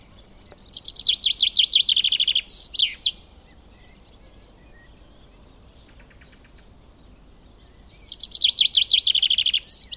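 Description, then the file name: Common chaffinch song: two bright, descending rattling trills, the first ending in a sharp flourish and the second cut off at the end, separated by several seconds of quiet. "Fringilla coelebs"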